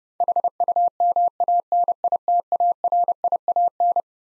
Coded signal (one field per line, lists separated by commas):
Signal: Morse code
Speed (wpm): 32 wpm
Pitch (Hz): 700 Hz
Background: none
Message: HUMANITARIAN